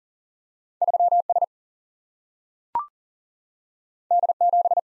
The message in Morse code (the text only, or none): 3 S D 7